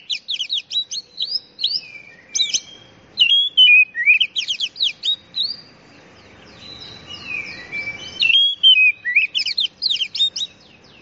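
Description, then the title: Oriental magpie-robin song: a long varied run of fast sweeping notes, sharp chips and whistles, with light background hiss throughout. Champion bird. "Kicau Burung Kacer Juara"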